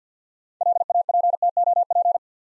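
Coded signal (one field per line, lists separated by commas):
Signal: Morse code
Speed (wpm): 50 wpm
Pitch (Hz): 700 Hz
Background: none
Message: LAPTOP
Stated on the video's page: Morse practice at 50 wpm: easy words, each with a context hint for copying.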